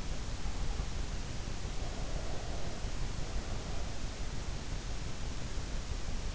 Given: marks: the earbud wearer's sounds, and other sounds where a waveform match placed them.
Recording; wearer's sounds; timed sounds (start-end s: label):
sounds in sleep by an in-ear microphone; breath
1.64-4.27 s: breath